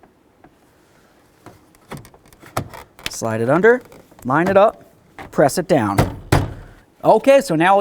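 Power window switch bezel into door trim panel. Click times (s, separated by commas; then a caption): 2.6 s. A plastic power window and door lock switch bezel from a 1994-2004 Chevy S-10 is slid under the door trim panel edge and pressed down on its forward side, with light plastic taps from about 1.5 to 2.5 s. It snaps into the door panel with a sharp click at 2.6 s, seating it. Someone talks afterward.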